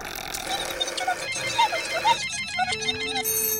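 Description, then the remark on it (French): A telephone rings with warbling electronic tones over a busy, cluttered backdrop, then breaks into rapid stepped beeps and settles into a steady, sustained high tone. “On leur a demandé s'ils pouvaient appeler Abricu sur son 388. C'est comme ça qu'on appelle le téléphone des mimes.”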